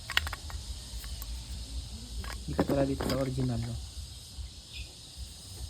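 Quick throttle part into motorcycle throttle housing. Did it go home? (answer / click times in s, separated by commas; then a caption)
yes / 0.2 s. A part of a motorcycle quick throttle assembly is fitted into the throttle housing and locks in place, with a sharp click at 0.2 s among a quick cluster of small taps. Someone talks in the middle of the clip over a steady high-pitched background hiss, and the part ends up seated.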